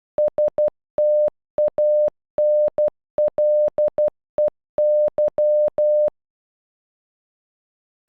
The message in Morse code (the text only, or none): STANLEY